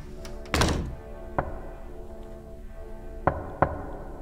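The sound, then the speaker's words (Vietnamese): Several dull knocks on the back door of a house at midnight, irregularly spaced, the first one loudest and the later ones lighter, over a steady low hum. “Thì vẫn còn đang lơ mơ trong giấc ngủ, Du nghe đâu đó có tiếng gõ cửa ở phía sau hè vọng lên.”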